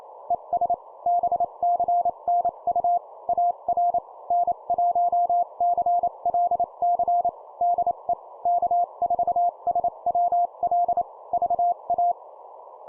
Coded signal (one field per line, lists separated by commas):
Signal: Morse code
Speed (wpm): 30 wpm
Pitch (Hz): 700 Hz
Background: none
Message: ES BCNU AR N1CLC DE K4SWL VA